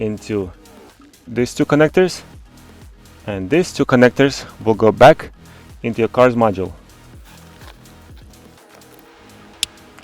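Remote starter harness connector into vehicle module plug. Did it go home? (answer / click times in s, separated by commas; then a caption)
yes / 9.6 s. Someone talks while a remote-starter harness connector is pushed into a vehicle module plug during a remote engine starter install on a 2019-2021 Kia Seltos. A sharp click at 9.6 seconds confirms the connector is seated all the way in, which is needed to avoid later problems.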